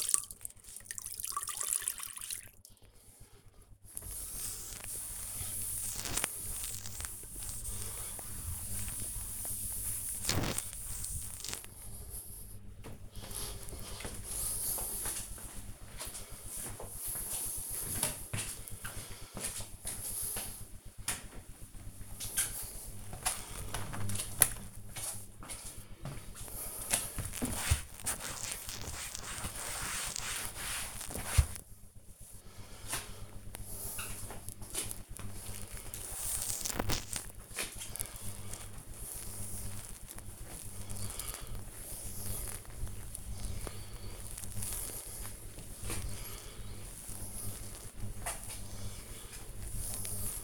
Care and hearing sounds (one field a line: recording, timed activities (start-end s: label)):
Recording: household activities, microphone on the right wrist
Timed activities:
0.00-18.23 s: cleaning the door
38.31-50.44 s: cleaning the cupboard